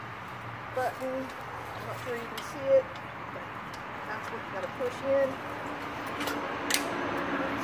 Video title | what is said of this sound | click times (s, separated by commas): AMAZON's Blisson Patio Umbrella 9' Aluminum Push Button Tilt & Crank | Snap right in place. | 6.7 s